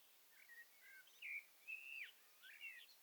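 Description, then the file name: Common blackbird calls: a series of thin whistled notes and slurred chirps, some rising and some falling, over a steady background hiss. "Turdus merula"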